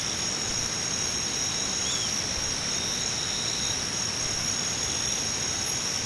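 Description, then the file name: Singing insects in a steady high chorus, continuous shrill trilling bands with faint pulsing above, under a constant background hiss. "nakumushi"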